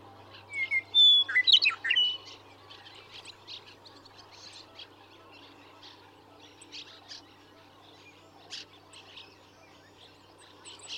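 Western meadowlark song at the start, a whistled phrase tumbling into gurgles, then many faint chirps and ticks of other birds continue over a low hum.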